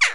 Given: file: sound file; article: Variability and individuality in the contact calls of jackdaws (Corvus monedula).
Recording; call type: jackdaw call; harmonic